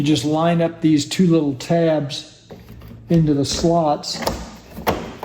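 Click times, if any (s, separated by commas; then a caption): 5.2 s. Someone talks while the wet filter for a Giraffe Tools wall-mounted wet/dry vacuum has its two little tabs lined up into the slots of the front frame and is pushed in. A short, sharp snap at 5.2 s marks the filter seating in the frame.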